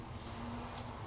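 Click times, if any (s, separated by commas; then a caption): none. A metal piston valve is pushed down into a trumpet's valve casing and twisted so its guide can catch in the slot. Only a steady low background noise with a faint hum is heard, plus a brief soft high hiss near 0.8 s. Nothing has clicked or seated yet.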